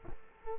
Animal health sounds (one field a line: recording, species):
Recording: mosquito wingbeat signal from an infrared sensor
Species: Culex quinquefasciatus